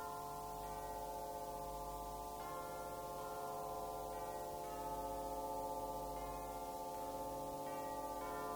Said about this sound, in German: Die Kirche liegt am Berg. Lenz steht oben, wie die Glocke läutet